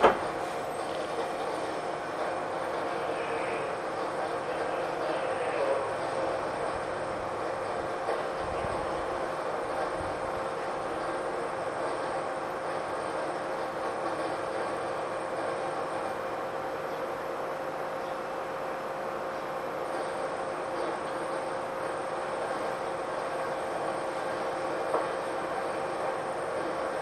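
A Keikyu New 1000 series train rolls along at steady speed, a constant dense rumble and hum with a faint steady whine above. The level barely changes across the half minute, with only a few soft clicks and bumps from the wheels.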